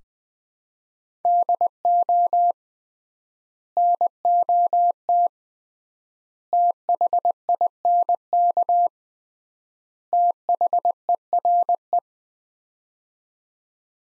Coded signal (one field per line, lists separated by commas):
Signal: Morse code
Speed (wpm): 20 wpm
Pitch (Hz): 700 Hz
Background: none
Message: DO NOT THINK THERE